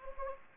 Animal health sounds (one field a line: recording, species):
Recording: mosquito wingbeat signal from an infrared sensor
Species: Anopheles gambiae